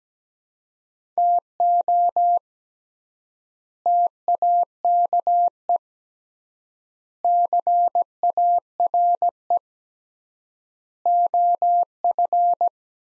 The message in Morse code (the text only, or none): TO TAKE CARE OF